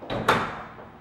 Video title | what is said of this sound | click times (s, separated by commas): Panoramic Door Installation - Step 4: Installing the Sliding Panels | when shutting the sliding doors you'll hear an audible click | 0.1 s, 0.3 s